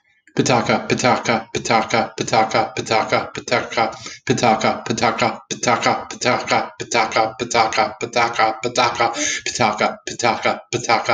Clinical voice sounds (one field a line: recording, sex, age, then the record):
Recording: repeated syllables /pa ta ka/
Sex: male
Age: 40 to 49 years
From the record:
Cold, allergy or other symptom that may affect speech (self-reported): no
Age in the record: 40 years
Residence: Nebraska, United States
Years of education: 18